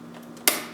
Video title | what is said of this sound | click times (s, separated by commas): Cooking With Chef Aaron - Season 4 Episode 10 (Venezuela) | Make sure it clicks. | 0.5 s